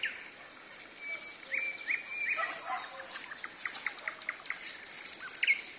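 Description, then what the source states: Common nightingale song, long level whistles and short clicks building into a burst of harsh buzzy notes, then a fast high rattle near the end. Singing in the evening, with thunder.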